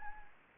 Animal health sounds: mosquito wingbeat signal from an infrared sensor; Anopheles arabiensis

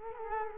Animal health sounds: mosquito wingbeat signal from an infrared sensor; Culex quinquefasciatus

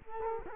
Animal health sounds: mosquito wingbeat signal from an infrared sensor; Culex quinquefasciatus

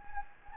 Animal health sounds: mosquito wingbeat signal from an infrared sensor; Anopheles gambiae

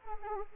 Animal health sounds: mosquito wingbeat signal from an infrared sensor; Anopheles arabiensis

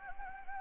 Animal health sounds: mosquito wingbeat signal from an infrared sensor; Anopheles gambiae

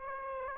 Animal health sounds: mosquito wingbeat signal from an infrared sensor; Aedes aegypti

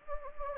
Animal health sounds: mosquito wingbeat signal from an infrared sensor; Anopheles gambiae

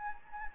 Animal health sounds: mosquito wingbeat signal from an infrared sensor; Anopheles gambiae

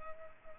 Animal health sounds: mosquito wingbeat signal from an infrared sensor; Culex pipiens

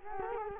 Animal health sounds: mosquito wingbeat signal from an infrared sensor; Culex quinquefasciatus

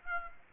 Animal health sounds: mosquito wingbeat signal from an infrared sensor; Aedes aegypti

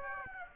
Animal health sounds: mosquito wingbeat signal from an infrared sensor; Aedes aegypti

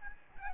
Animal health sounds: mosquito wingbeat signal from an infrared sensor; Aedes albopictus

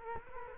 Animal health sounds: mosquito wingbeat signal from an infrared sensor; Culex quinquefasciatus

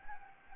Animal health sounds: mosquito wingbeat signal from an infrared sensor; Anopheles gambiae

